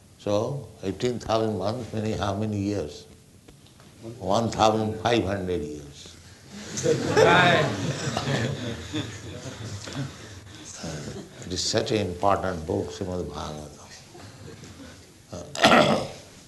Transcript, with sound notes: So eighteen thousand months meaning how many years? One thousand five hundred years. [laughter] It is such an important book, Śrīmad-Bhāgavatam.